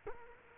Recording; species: mosquito wingbeat signal from an infrared sensor; Culex quinquefasciatus